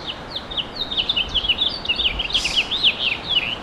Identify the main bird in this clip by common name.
House Finch